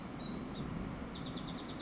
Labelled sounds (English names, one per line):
Chestnut-backed Chickadee